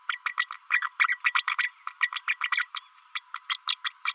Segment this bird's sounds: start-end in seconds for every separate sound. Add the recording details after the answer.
0.08-0.20, 0.26-0.35, 0.38-0.46, 0.70-0.82, 1.08-1.19, 1.24-1.33, 1.34-1.44, 1.47-1.56, 1.58-1.71, 1.87-1.93, 2.00-2.10, 2.14-2.20, 2.27-2.36, 2.52-2.67, 2.76-2.80, 3.15-3.20, 3.35-3.40, 3.49-3.56, 3.67-3.75, 3.84-3.94, 4.05-4.13. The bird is a female. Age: 32 days. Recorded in a nest box in Venezuela. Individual 17B32A5